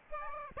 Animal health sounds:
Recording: mosquito wingbeat signal from an infrared sensor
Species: Aedes aegypti

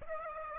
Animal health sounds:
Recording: mosquito wingbeat signal from an infrared sensor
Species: Aedes aegypti

